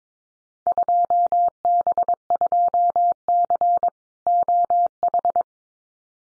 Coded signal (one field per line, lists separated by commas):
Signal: Morse code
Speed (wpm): 22 wpm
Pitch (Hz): 700 Hz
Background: none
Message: 2B2C OH